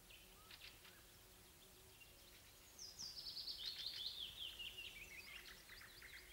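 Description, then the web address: Nightingale song: a few clicks, then a loud fast descending trill of high notes, over low background hum. Song of a wild-caught nightingale. "spiew slowika z polowu"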